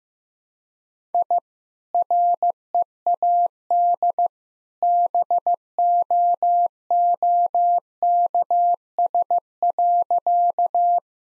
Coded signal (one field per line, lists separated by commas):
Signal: Morse code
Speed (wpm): 16 wpm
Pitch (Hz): 700 Hz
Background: none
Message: I READ BOOKS.